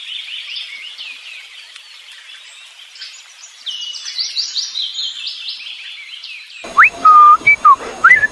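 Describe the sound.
A 63-year-old man whistles in rapid, trilling, birdlike phrases that rise and fall in pitch, imitating birdsong so well it could be taken for a bird. Near the end a few sharper, louder whistled chirps break out in quick bursts.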